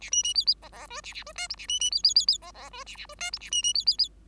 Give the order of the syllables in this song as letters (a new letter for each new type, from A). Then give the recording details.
A B B C C D D E A A E F G A B B C C C C D D E A A E F G A B B C C C. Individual Bird5